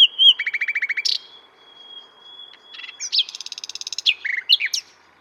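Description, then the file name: Common nightingale song opening with a fast rattle of repeated notes, then a long thin whistle, followed by another rapid rattling series and sharp chirps. "Luscinia megarhynchos"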